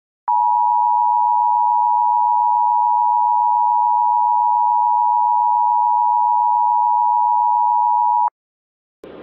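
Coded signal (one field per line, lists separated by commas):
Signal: Emergency Alert System (SAME) tones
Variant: 853 and 960 Hz attention tone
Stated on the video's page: Fictional EAS scenario, remastered, with voice actors.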